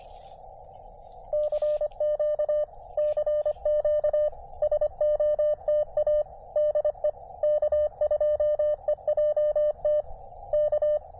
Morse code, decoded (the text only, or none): CQ CQ SOTA DE K2EJT K